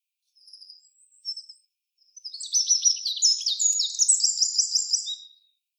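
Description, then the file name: Eurasian wren song: a few soft high notes, then a loud, fast cascade of trills and rapid high warbling for about three seconds. "Troglodytes troglodytes"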